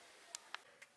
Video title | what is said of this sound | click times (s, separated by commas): N20 TMAP Sensor for N54 - More Boost! - E92 335i | F gotta came to the BMS harness right here so as you can see it kind of snaps in place all nicely and pretty cleanly and then | 0.3 s, 0.5 s